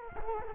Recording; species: mosquito wingbeat signal from an infrared sensor; Culex quinquefasciatus